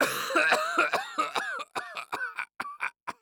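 A run of about eight rapid, harsh, phlegmy coughs from an adult man: a smoker's cough.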